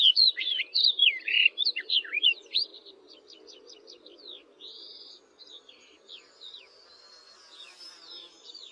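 Barred warbler song: a loud scratchy chattering warble for nearly three seconds, followed by a series of thin ticking notes and faint fading sounds.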